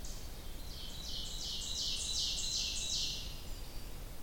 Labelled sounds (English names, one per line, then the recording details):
Ovenbird song
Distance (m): 45 m
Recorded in boreal forest in Alberta, Canada, on 30 June 2016 at 08:33
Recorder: SongMeter 3, array SBT-6-79
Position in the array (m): 166 m, 41 m
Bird 43